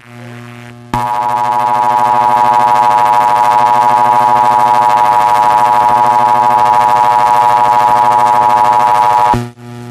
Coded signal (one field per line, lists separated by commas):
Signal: Emergency Alert System (SAME) tones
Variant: 853 and 960 Hz attention tone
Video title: Eas required weekly test. Credits to the eas fails must see part 4 video for the sounds